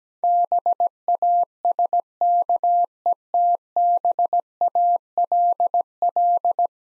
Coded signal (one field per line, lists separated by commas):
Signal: Morse code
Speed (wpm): 17 wpm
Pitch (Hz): 700 Hz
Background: none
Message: BASKETBALL